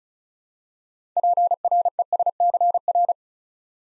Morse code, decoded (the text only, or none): PRESCR